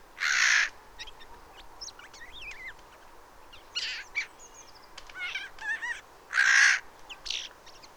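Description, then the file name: Eurasian jay giving two loud, raspy screeches about six seconds apart, with varied whistled and chirping notes from other birds filling the gap. "Garrulus glandarius"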